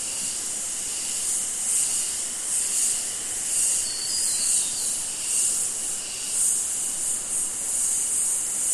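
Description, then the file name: Cicadas give a high, hissing drone that swells and fades in soft pulses, with a brief buzzy insect sound near the middle. Summer forest ambience, Australia. "zapsplat. nature forest amb summer insects cicada flies australia"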